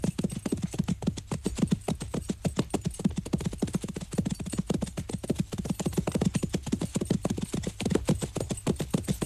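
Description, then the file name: Horse hoofbeats: dense, irregular clattering of hooves, several strikes per second, steady in loudness from start to finish. Many horses. "muchos caballos"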